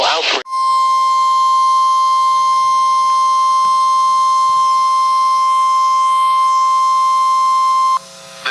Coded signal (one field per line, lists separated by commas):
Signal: Emergency Alert System (SAME) tones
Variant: 1050 Hz attention tone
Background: speech